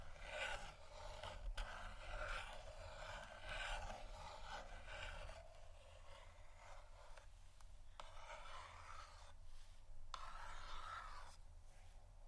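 Cardboard boxes are scratched in dense, rasping strokes, with sharp taps every second or two and a steady low hum beneath.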